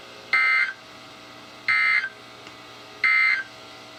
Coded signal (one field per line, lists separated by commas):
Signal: Emergency Alert System (SAME) tones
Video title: EAS #921-#929: Spook Month Rain Showers | KHB36